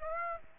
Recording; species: mosquito wingbeat signal from an infrared sensor; Aedes aegypti